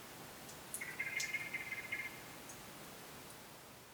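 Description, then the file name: Common blackbird producing one faint, rough, trilled buzz of about a second, with soft ticks around it. "Turdus merula"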